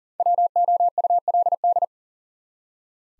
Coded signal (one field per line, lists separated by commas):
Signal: Morse code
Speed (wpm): 40 wpm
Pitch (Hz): 700 Hz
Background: none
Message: WOULD